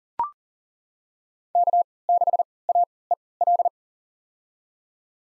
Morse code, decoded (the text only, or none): K6AEL